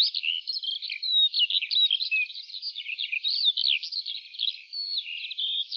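Lark song, a continuous high warbling stream of rapid chirps, trills and short whistled slurs, varied and unbroken throughout.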